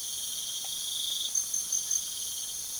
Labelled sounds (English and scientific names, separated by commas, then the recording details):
none
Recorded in pastures near Puerto Asís, Putumayo, Colombia, on 12 March 2025 at 02:00
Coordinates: 0.497, -76.327
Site G072